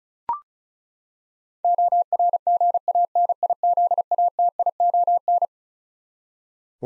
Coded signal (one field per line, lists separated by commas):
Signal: Morse code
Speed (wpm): 36 wpm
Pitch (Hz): 700 Hz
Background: none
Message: ORGANIZATION